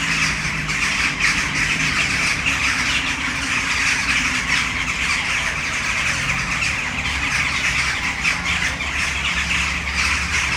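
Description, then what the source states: Western jackdaws in a noisy crowd of sharp, short calls, over low vehicle noise. Flock in a tree, city centre of Brno, Czech Republic, Malinovského square, at sunset.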